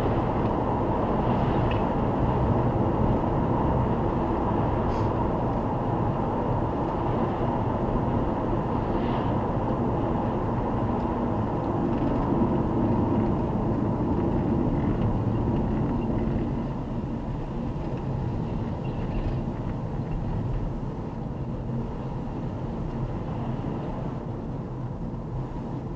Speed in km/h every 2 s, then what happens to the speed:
100, 99, 96, 93, 91, 85, 72, 61, 53, 50, 49, 49, 48.
0-26 slows to 48.